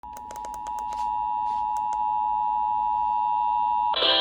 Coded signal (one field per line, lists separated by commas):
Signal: Emergency Alert System (SAME) tones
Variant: 853 and 960 Hz attention tone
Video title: Eas FLW on KUHF 88.7fm Eas#1283